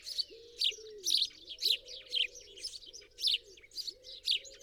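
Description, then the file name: House sparrow giving a run of bright chirps over low, curved tones. "Passer domesticus"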